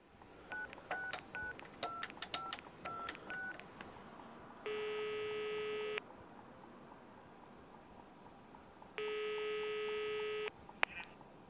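A quick run of short touch-tone dialing beeps as a telephone call is placed to a removals company, then two long, buzzy ringing tones, each lasting over a second and separated by a few seconds of quiet line hiss. No voices.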